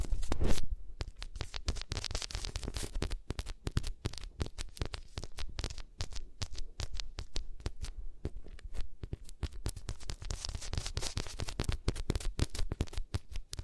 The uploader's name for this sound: Rubbing Your Ears on Different Materials